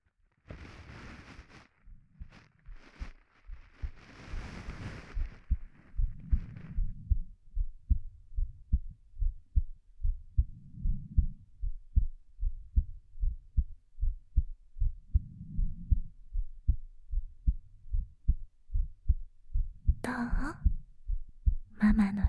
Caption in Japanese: ママの心臓の音。